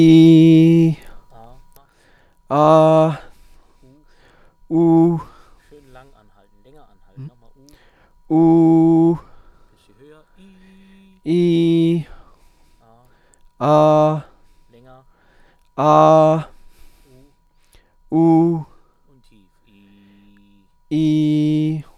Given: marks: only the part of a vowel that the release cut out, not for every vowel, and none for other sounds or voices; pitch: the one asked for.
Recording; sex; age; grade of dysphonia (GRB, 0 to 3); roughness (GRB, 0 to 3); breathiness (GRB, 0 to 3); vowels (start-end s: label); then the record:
sustained vowels; male; 30 to 39 years; 0; 0; 0
0.00-0.83 s: vowel /i/, normal pitch
8.38-9.07 s: vowel /u/, high pitch
11.33-11.94 s: vowel /i/, high pitch
20.98-21.67 s: vowel /i/, low pitch
From the record:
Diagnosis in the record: healthy voice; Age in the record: 30 years